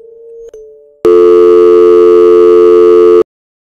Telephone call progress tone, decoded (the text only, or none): dial tone